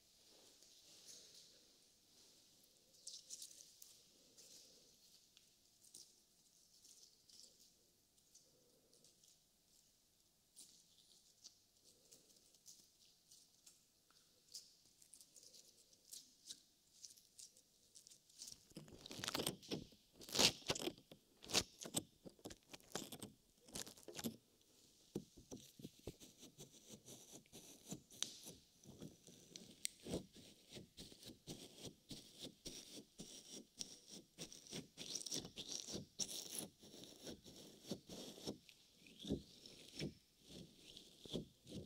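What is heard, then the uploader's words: Slime being squished, starting very quiet for the first eighteen seconds with only faint soft sounds. Then dense, wet squelching and crackling pops begin and continue irregularly to the end, rapid and bright with occasional louder bursts. ASMR SQUISH BINAURAL SOUNDS SLIME.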